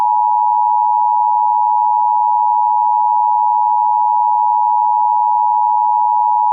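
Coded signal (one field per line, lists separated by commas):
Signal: Emergency Alert System (SAME) tones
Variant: 853 and 960 Hz attention tone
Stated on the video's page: EAS prank.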